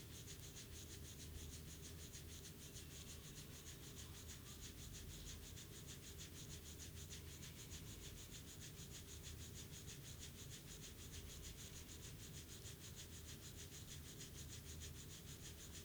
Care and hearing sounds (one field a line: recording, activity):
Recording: daily activity, guitar pickup as the sensor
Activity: brush teeth